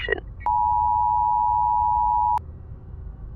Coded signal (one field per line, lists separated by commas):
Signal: Emergency Alert System (SAME) tones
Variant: 853 and 960 Hz attention tone